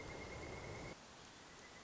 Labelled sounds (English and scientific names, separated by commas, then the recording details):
Pileated Woodpecker (Dryocopus pileatus)
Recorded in Sonoma County, California